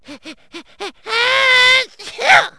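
Four short voiced catching breaths build up, each rising and falling in pitch. A long, loud, high voiced blast follows, then a final noisy burst. This is a theatrical sneeze, with an exaggerated 'ah-ah-ah-choo' wind-up.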